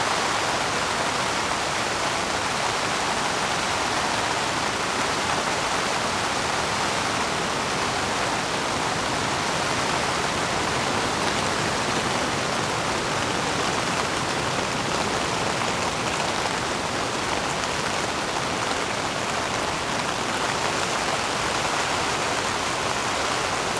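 Light rain patters on a tent's fabric in a dense, unbroken hiss of fine taps, holding at an even level throughout.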